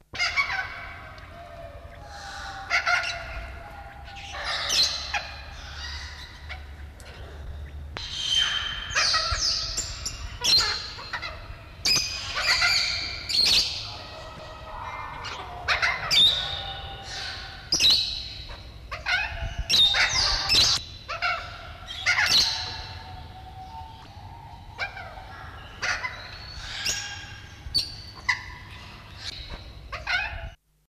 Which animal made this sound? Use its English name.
Plum-headed Parakeet